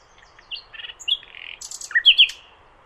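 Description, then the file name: Common nightingale song phrase of varied chirps, buzzy notes and whistled slurs, ending in two loud, sharp upslurred notes. "Luscinia megarhynchos"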